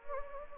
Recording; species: mosquito wingbeat signal from an infrared sensor; Anopheles gambiae